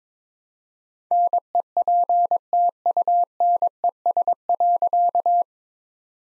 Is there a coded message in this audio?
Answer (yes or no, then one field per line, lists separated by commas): yes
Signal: Morse code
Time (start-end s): 1.1-5.4 s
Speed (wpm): 22 wpm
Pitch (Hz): 700 Hz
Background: none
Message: NEPTUNES.